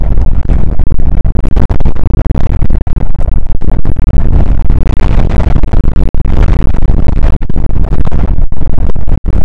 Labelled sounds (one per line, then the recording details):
wind
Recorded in the Prudhoe Bay oil fields, Alaska, on 2 August 2019 at 01:34
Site 29